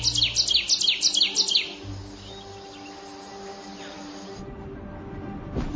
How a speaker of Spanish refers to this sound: Aves. Pájaros, a menudo nos despiertan con su melodioso canto.